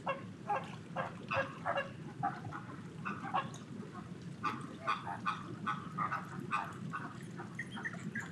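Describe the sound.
Flamingo flock chatter, a steady stream of honking calls throughout over a strong low rumble.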